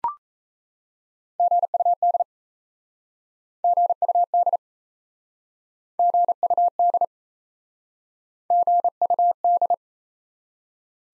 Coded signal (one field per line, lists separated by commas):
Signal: Morse code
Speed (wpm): 38 wpm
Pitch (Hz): 700 Hz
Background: none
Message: GUD GUD GUD GUD